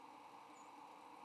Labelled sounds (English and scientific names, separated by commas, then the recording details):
White-throated Sparrow (Zonotrichia albicollis) flight call
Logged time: 07:05 on 8 November 2014